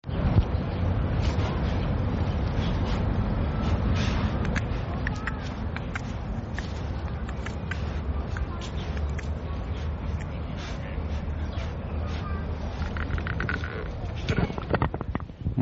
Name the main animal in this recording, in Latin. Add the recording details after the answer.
Muntiacus muntjak. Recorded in captivity. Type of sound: sniffing, dental sound. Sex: male. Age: adult. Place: Tierpark Berlin, Berlin, DE. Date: 1979-10-20 10:54. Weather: overcast, 11-12°C, weak winds. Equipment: ITT Schaub-Lorenz Studio Recorder 72,Verstärker, Sennheiser MD 421 HL, Kopie Uher Variocord. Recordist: Tembrock, Günter. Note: Männchen: Schnüffeln, Zahngeräusche (Abstand 1 m)